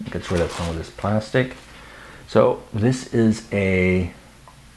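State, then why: Not seated. An interchangeable US mains plug adapter is handled while being fitted onto a goggles' charger power supply, and someone talks throughout. A faint soft sound comes near 4.5 s, but the adapter has not clicked or seated yet.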